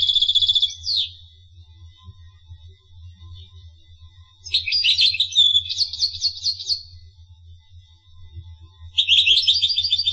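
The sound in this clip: Finch song in three bursts of rapid trills and chirps separated by long quiet gaps holding a thin steady whistle; a low hum continues throughout.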